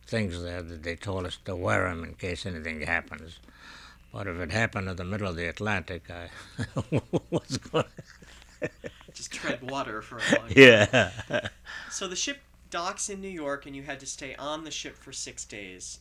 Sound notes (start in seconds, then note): 6.3 he laughs; 11.1 he laughs